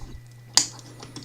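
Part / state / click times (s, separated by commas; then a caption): plastic arm part into the transforming robot figure's arm / seated / 0.6 s. A plastic arm part is pushed into its socket on a CiiC TFM OverTurn (aka DeadEnd) transforming robot action figure during transformation. After a quiet stretch, a sharp, loud click at 0.6 s marks the part snapping into place to form the full arm, followed by a few faint ticks near 1.0 to 1.2 s.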